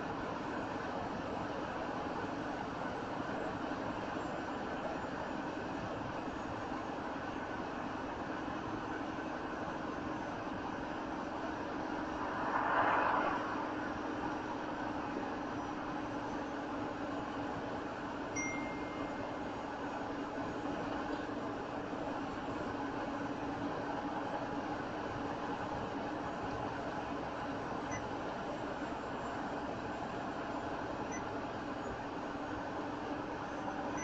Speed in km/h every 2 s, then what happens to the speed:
64, 63, 64, 64, 64, 63, 63, 61, 61, 63, 61, 61, 61, 63, 63, 61, 63.
0-34 steady at about 63.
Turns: none.